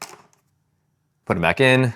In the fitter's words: And we can unlock the batteries just by pressing the button here.